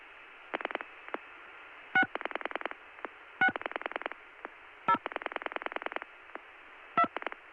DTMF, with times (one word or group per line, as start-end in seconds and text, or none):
1.9-2.0 6
3.4-3.5 6
4.9-5.0 0
7.0-7.0 2